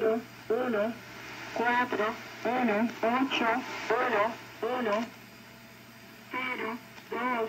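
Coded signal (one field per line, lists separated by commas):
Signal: numbers station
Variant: HM01, Cuban Lady, Spanish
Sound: synthetic female voice reading short number words one by one, evenly spaced, over hiss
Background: radio static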